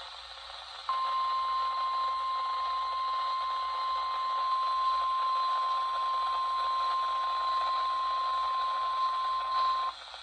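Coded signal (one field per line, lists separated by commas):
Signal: Emergency Alert System (SAME) tones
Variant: 1050 Hz attention tone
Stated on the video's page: NWR required weekly test on 162.500 MHz from Buck Mountain, received about 51 miles away on a RadioShack 12-254 weather radio.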